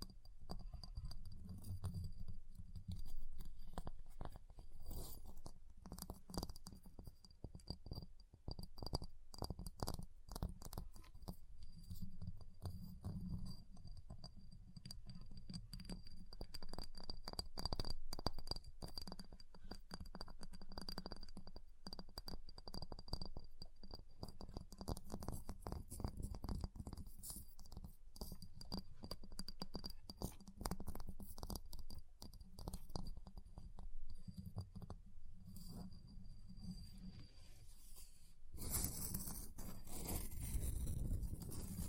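Ice is tapped, scratched and carved in a dense run of sharp clicks and scrapes that continue steadily for most of the clip. A thin high whine holds underneath, and a low rumble swells at times, growing heavy and loud near the end.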